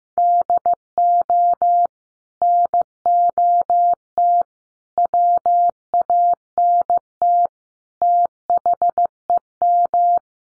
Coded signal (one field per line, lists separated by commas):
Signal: Morse code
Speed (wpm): 15 wpm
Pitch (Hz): 700 Hz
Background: none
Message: DO NOT WANT THEM